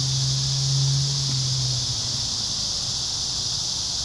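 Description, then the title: Cicadas singing, a steady high buzzing drone that never breaks, with a low rumble underneath that swells briefly in the first two seconds. Several cicadas in a park. "neoscenes: cicadas in the park"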